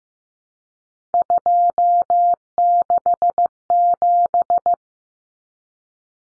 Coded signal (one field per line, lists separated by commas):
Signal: Morse code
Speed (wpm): 15 wpm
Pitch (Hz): 700 Hz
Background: none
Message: 267